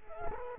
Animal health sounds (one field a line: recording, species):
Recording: mosquito wingbeat signal from an infrared sensor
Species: Culex quinquefasciatus